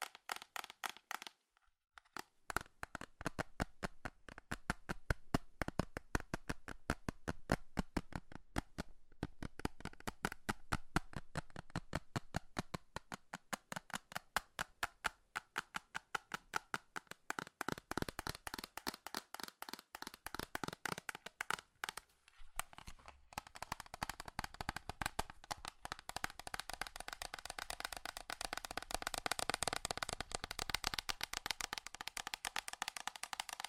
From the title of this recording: FAST & FURIOUS TAPPING Metal Sounds